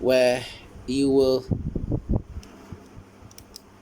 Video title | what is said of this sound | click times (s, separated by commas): Collection Review - Alternators Meister a.k.a. Jazz | put it together. It doesn't lock in yet. | none